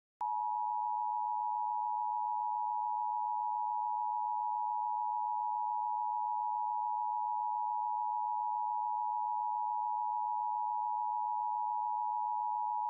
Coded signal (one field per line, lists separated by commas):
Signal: Emergency Alert System (SAME) tones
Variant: 853 and 960 Hz attention tone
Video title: EAS Amber Alert, and Administrative Message